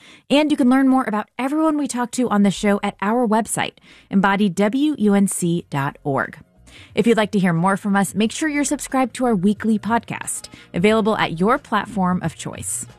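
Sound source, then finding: Adult female radio host. Normal speech.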